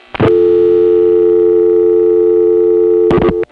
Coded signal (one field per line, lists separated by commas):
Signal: telephone call progress tone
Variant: North America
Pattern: dial tone